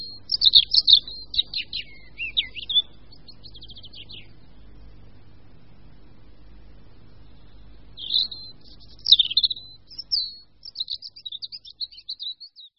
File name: Červenka-obecná